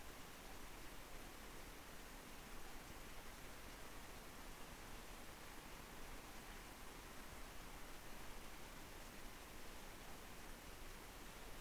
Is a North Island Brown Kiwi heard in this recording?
no